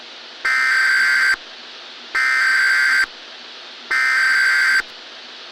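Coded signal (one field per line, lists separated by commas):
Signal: Emergency Alert System (SAME) tones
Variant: header bursts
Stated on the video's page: Fictional EAS scenario about the sun turning into a black hole; contains valid SAME tones.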